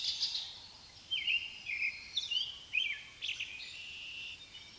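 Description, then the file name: Common blackbird song of rich, flute-like notes in several short, rolling phrases, each dipping and climbing, ending in thin, high twitters. Recorded in countryside. "Amos Pond Blackbirds"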